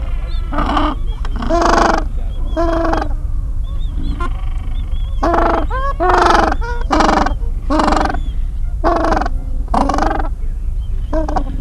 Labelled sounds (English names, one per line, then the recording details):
Gentoo Penguin
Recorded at the colony at Neko Harbor, Antarctica, on 26 January 2015
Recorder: Song Meter SM2+